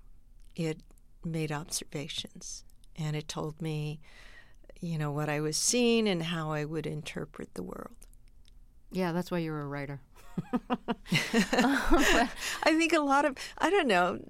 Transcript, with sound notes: It made observations, and it told me, you know, what I was seeing and how I would interpret the world.
Yeah, that's why you're a writer.
(LAUGHTER)
I think a lot of - I don't know.